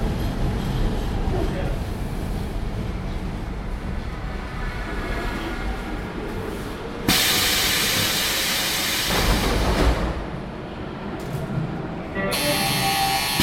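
A short-line metro train rumbles steadily, with a loud hissing burst around seven seconds, faint voices, and brighter hiss returning near the end.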